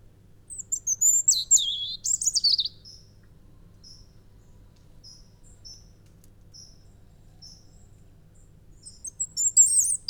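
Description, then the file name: European robin song: a rapid, high warbled phrase with swooping notes, a series of thin high whistles spaced out, and another bright phrase at the end. "Erithacus rubecula"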